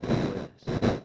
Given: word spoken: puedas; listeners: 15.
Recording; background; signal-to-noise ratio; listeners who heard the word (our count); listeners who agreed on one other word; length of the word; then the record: one Spanish word in noise, from a listening test; noise modulated by one talker; -11.7 dB; 0 of 15; 7 of 15; 0.65 s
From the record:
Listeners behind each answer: 7, 2, 1, 1, 1, 1, 1, 1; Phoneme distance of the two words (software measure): 10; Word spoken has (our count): 2 syllables, 6 phonemes, stress on syllable 1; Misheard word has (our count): 2 syllables, 6 phonemes, stress on syllable 1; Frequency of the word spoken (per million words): 5.21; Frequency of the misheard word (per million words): 19.46